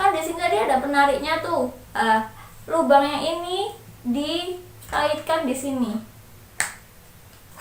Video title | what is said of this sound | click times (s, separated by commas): Review Pompa ASI Manual Crown, Bagus Serta Harga Terjangkau | sampai bunyi klek. Nah, sampai ini bisa ditarik. | 6.6 s